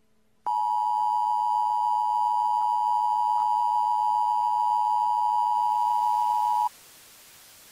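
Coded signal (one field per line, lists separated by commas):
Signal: Emergency Alert System (SAME) tones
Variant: 853 and 960 Hz attention tone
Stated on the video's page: Fictional Emergency Alert System tsunami scenario; simulated.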